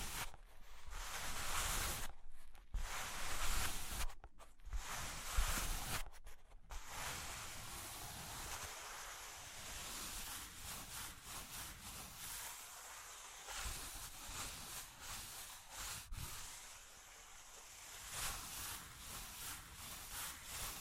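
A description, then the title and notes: Cork and wood being scratched and traced, giving a dense, rough, hissing scrape that runs almost without a break. Three short pauses interrupt it in the first seven seconds, roughly every two seconds. After that the rubbing continues steadily to the end, swelling and easing slightly. Cork and Wood Tapping, Scratching, Tracing.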